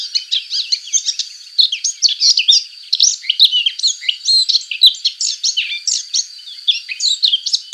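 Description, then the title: Subalpine warbler song: a continuous rapid jumble of scratchy, high chirps and thin whistled notes with only short breaks. "Sylvain Jaskowiak - Mes piafs. Fauvette passerinette"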